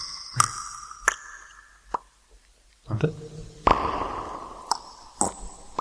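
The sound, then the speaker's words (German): Two people playing at a stalactite cave make about six sharp, dripping plops at irregular intervals, each ringing out with a long, echoing cave-like reverb tail. A single short word is spoken midway. “spielen Tropfsteinhöhle.”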